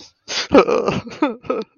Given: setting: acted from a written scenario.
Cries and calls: vocal sound without words; sadness

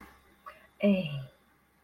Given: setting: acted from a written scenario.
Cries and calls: vocal sound without words; sympathy

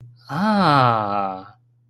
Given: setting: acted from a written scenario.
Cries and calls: vocal sound without words; realization

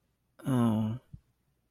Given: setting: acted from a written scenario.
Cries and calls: vocal sound without words; guilt

